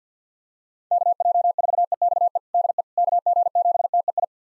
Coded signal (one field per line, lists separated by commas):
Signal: Morse code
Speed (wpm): 50 wpm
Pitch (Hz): 700 Hz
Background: none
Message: KJ4EXE DE KG7TEI